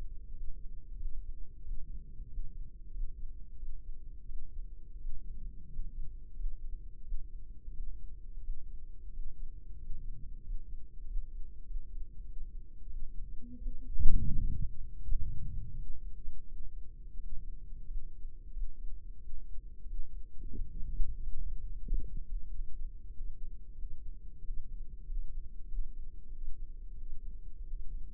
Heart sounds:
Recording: heart sounds by microphone in the left ear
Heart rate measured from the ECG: 90 bpm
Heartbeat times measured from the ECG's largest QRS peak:
0.29 s: heartbeat
0.93 s: heartbeat
1.59 s: heartbeat
2.25 s: heartbeat
2.88 s: heartbeat
3.54 s: heartbeat
4.23 s: heartbeat
4.95 s: heartbeat
5.65 s: heartbeat
6.31 s: heartbeat
7.00 s: heartbeat
7.68 s: heartbeat
8.38 s: heartbeat
9.07 s: heartbeat
9.75 s: heartbeat
10.40 s: heartbeat
11.02 s: heartbeat
11.62 s: heartbeat
12.22 s: heartbeat
12.84 s: heartbeat
13.56 s: heartbeat
14.28 s: heartbeat
14.99 s: heartbeat
15.71 s: heartbeat
16.42 s: heartbeat
17.14 s: heartbeat
17.82 s: heartbeat
18.49 s: heartbeat
19.15 s: heartbeat
19.81 s: heartbeat
20.50 s: heartbeat
21.18 s: heartbeat
21.83 s: heartbeat
22.46 s: heartbeat
23.09 s: heartbeat
23.73 s: heartbeat
24.39 s: heartbeat
25.02 s: heartbeat
25.64 s: heartbeat
26.27 s: heartbeat
26.92 s: heartbeat
27.62 s: heartbeat
From the record:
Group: healthy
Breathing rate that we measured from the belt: 16 breaths a minute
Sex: male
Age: 21 years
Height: 180 cm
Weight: 67.5 kg

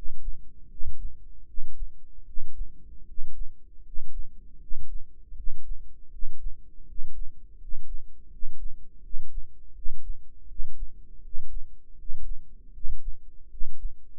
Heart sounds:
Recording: heart sounds by microphone in the right ear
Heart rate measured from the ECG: 80 bpm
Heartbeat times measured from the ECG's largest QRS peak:
0.67 s: heartbeat
1.45 s: heartbeat
2.24 s: heartbeat
3.04 s: heartbeat
3.82 s: heartbeat
4.58 s: heartbeat
5.34 s: heartbeat
6.09 s: heartbeat
6.85 s: heartbeat
7.58 s: heartbeat
8.29 s: heartbeat
9.01 s: heartbeat
9.73 s: heartbeat
10.46 s: heartbeat
11.21 s: heartbeat
11.95 s: heartbeat
12.71 s: heartbeat
13.48 s: heartbeat
From the record:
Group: healthy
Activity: rest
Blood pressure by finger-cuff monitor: 113/74 mmHg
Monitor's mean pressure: 83 mmHg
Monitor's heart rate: 80 bpm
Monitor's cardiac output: 6.5 L/min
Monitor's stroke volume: 80 mL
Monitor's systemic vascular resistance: 900 dyn s/cm5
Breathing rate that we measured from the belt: 15 breaths a minute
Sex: male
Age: 35 years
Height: 180 cm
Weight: 86.9 kg

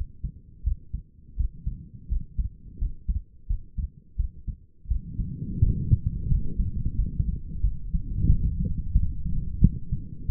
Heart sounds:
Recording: heart sounds by stethoscope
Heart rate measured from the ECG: 87 bpm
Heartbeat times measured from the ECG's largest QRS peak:
0.64 s: heartbeat
1.37 s: heartbeat
2.09 s: heartbeat
2.79 s: heartbeat
3.47 s: heartbeat
4.17 s: heartbeat
4.88 s: heartbeat
5.60 s: heartbeat
6.28 s: heartbeat
6.96 s: heartbeat
7.62 s: heartbeat
8.27 s: heartbeat
8.93 s: heartbeat
9.60 s: heartbeat
10.27 s: heartbeat
From the record:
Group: healthy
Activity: rest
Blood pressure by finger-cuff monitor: 125/85 mmHg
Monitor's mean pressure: 97 mmHg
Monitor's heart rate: 86 bpm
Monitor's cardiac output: 6 L/min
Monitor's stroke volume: 71 mL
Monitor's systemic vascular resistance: 1160 dyn s/cm5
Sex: female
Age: 37 years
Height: 168 cm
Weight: 70 kg

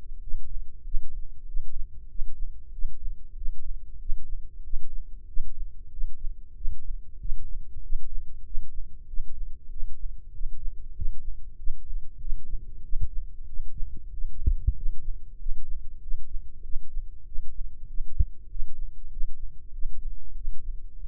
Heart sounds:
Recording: heart sounds by microphone in the right ear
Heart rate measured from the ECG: 95 bpm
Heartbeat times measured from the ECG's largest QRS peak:
0.19 s: heartbeat
0.82 s: heartbeat
1.44 s: heartbeat
2.07 s: heartbeat
2.70 s: heartbeat
3.34 s: heartbeat
3.97 s: heartbeat
4.61 s: heartbeat
5.25 s: heartbeat
5.89 s: heartbeat
6.53 s: heartbeat
7.17 s: heartbeat
7.80 s: heartbeat
8.43 s: heartbeat
9.05 s: heartbeat
9.68 s: heartbeat
10.30 s: heartbeat
10.93 s: heartbeat
11.55 s: heartbeat
12.17 s: heartbeat
12.81 s: heartbeat
13.45 s: heartbeat
14.09 s: heartbeat
14.73 s: heartbeat
15.36 s: heartbeat
15.99 s: heartbeat
16.61 s: heartbeat
17.24 s: heartbeat
17.85 s: heartbeat
18.47 s: heartbeat
19.08 s: heartbeat
19.70 s: heartbeat
20.33 s: heartbeat
20.96 s: heartbeat
From the record:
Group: healthy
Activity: rest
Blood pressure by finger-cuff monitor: 98/69 mmHg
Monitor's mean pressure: 78 mmHg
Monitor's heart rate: 95 bpm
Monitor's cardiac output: 7.5 L/min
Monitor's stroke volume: 79 mL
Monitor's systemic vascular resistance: 730 dyn s/cm5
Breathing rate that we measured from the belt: 17 breaths a minute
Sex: male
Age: 19 years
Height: 178 cm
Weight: 83 kg

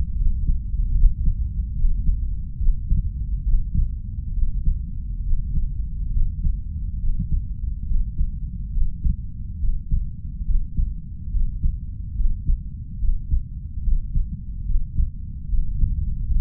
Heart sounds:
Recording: heart sounds by stethoscope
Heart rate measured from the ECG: 71 bpm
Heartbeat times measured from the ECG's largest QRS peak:
0.15 s: heartbeat
0.94 s: heartbeat
1.74 s: heartbeat
2.57 s: heartbeat
3.44 s: heartbeat
4.32 s: heartbeat
5.22 s: heartbeat
6.11 s: heartbeat
6.98 s: heartbeat
7.85 s: heartbeat
8.71 s: heartbeat
9.58 s: heartbeat
10.44 s: heartbeat
11.30 s: heartbeat
12.14 s: heartbeat
12.98 s: heartbeat
13.82 s: heartbeat
14.64 s: heartbeat
15.48 s: heartbeat
16.30 s: heartbeat
From the record:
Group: healthy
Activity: Valsalva maneuver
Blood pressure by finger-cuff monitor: 108/63 mmHg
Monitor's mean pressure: 75 mmHg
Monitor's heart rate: 70 bpm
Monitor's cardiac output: 5.1 L/min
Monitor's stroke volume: 72 mL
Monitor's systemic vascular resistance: 1050 dyn s/cm5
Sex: female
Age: 32 years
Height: 168 cm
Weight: 61.9 kg

